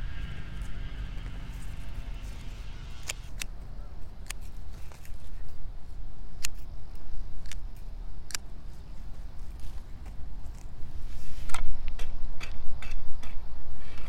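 Weeding around carrots with a hoe and scissors: sharp, irregular snips and scrapes every second or two over a steady low rumble.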